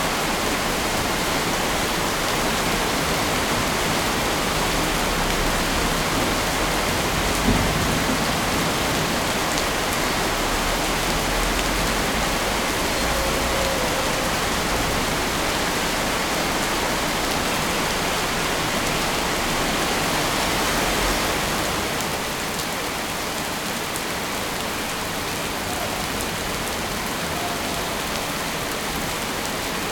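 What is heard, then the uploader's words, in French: Monsoon rain in Shaoguan falls in a dense, unbroken hiss that fills the whole clip. A low rumble sits beneath the rain for the first twenty seconds or so, then fades, and the downpour eases slightly for the rest. La mousson à Shaoguan.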